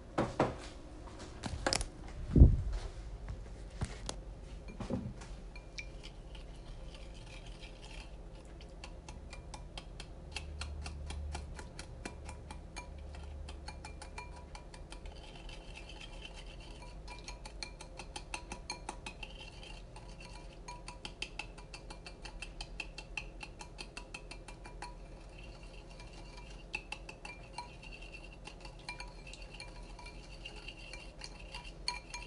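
Banana bread being made: a rapid, steady ticking of a spoon or whisk stirring in a bowl runs through the whole stretch. A few louder clanks of dishes come early, near the two- and five-second marks, over a low steady hum.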